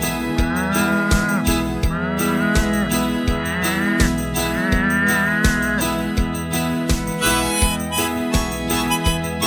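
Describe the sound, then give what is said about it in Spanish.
A cow moos in long, droning, wavering calls, one after another with brief breaks between them, loud and steady throughout with no voices. “La única sabia fue la vaca.”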